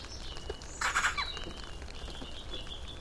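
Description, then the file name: Eurasian magpie giving a short, harsh rasping chatter lasting under half a second, while thin high whistles from other birds sound faintly over a steady background hiss. "Pica pica"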